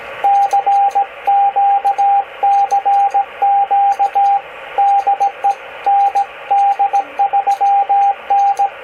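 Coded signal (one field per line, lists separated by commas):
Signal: Morse code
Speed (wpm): 17 wpm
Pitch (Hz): 800 Hz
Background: radio noise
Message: CQ CQ DE ND3N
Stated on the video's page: Icom IC-718 set up for CW transmit, keyed via keyer, mic buttons or WinKeyer USB, into a dummy load for practice.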